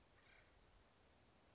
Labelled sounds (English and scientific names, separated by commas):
Acorn Woodpecker (Melanerpes formicivorus)